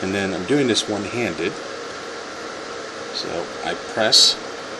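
Someone talks while pressing one end of a RAM module, one-handed, into a DIMM slot on a Dell OptiPlex 990 desktop motherboard, over a steady background hum. Nothing has seated or clicked yet; the plastic retention clip has not closed.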